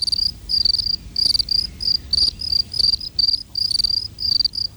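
A cricket chirps in a steady, rhythmic series of shrill, high-pitched trills, each short burst repeating about twice a second over a soft low background hum, with no voices.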